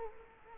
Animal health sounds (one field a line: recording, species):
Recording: mosquito wingbeat signal from an infrared sensor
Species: Culex quinquefasciatus